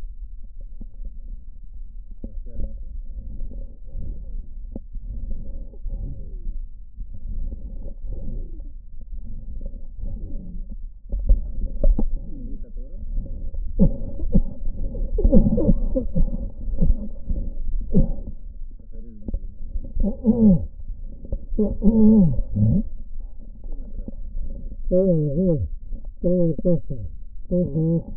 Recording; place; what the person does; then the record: lung sounds by stethoscope; left posterior basal chest; quiet breathing, then cough and speech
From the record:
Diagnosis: COPD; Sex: male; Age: 75 years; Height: 182 cm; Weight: 98 kg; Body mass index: 29.6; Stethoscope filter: diaphragm mode